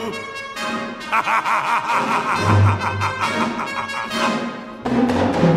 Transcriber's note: laughter